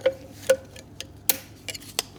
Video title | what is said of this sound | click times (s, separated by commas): T18 T19 borg warner transmission rebuild | Good. Snapped right in. | 1.3 s